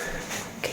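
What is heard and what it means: The clasp on an old case or box lid, an object about 50 years old, is fastened shut. Against a steady broadband background hiss, one sharp, very short snap rings out at 0.6 s as the clasp seats and closes.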